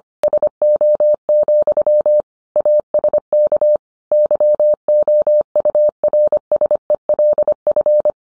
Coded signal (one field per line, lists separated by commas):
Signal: Morse code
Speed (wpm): 25 wpm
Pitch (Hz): 600 Hz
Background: none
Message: SO, ASK YOURSELF